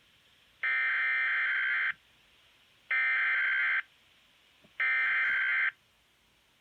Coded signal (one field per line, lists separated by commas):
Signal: Emergency Alert System (SAME) tones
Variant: header bursts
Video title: (EAS #21) Enviroment Canada “functionality” Snowfall Warning 12-31-18